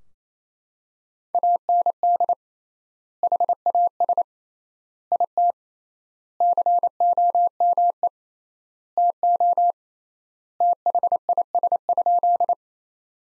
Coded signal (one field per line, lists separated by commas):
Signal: Morse code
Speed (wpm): 27 wpm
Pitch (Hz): 700 Hz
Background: none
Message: AND HAS IT COME TO THIS?